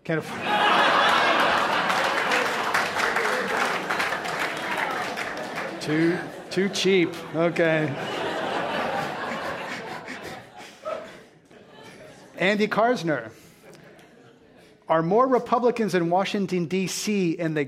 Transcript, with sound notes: Can’t afford it.
[Laughter]
Too cheap, okay.
[Laughter]
Andy Karsner, are more Republicans in Washington DC